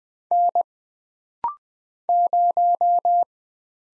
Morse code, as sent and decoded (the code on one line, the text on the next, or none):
-. / -----
N 0